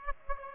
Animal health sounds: mosquito wingbeat signal from an infrared sensor; Aedes aegypti

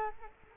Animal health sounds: mosquito wingbeat signal from an infrared sensor; Culex quinquefasciatus

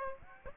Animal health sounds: mosquito wingbeat signal from an infrared sensor; Aedes aegypti

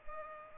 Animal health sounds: mosquito wingbeat signal from an infrared sensor; Culex pipiens

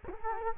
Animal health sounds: mosquito wingbeat signal from an infrared sensor; Culex quinquefasciatus

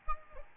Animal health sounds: mosquito wingbeat signal from an infrared sensor; Aedes albopictus

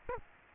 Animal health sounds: mosquito wingbeat signal from an infrared sensor; Aedes aegypti

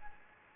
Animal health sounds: mosquito wingbeat signal from an infrared sensor; Anopheles gambiae

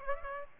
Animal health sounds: mosquito wingbeat signal from an infrared sensor; Aedes aegypti

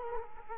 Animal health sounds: mosquito wingbeat signal from an infrared sensor; Culex quinquefasciatus

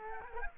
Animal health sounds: mosquito wingbeat signal from an infrared sensor; Culex quinquefasciatus

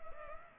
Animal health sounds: mosquito wingbeat signal from an infrared sensor; Culex pipiens

